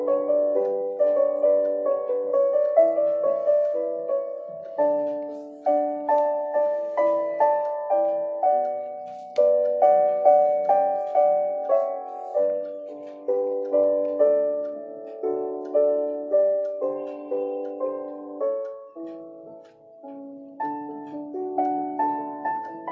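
Dark academia music plays throughout: a slow, steady run of struck, chime-like notes in the low-middle range, each one ringing and fading before the next. Chords shift every second or two, and a faint scattering of soft higher sounds sits underneath.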